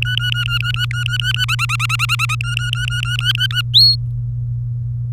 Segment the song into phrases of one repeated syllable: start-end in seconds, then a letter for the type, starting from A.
0.02-1.45 A, 1.48-2.35 B, 2.40-3.61 A, 3.74-3.96 C